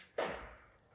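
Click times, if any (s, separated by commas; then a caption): 0.2 s. An air hose is pulled down from a ceiling-mounted hose reel until the reel's ratchet latch catches and holds the hose at that length. A single sharp click at 0.2 s rings out and fades over the rest of the second. The latch clicks into place and locks the hose.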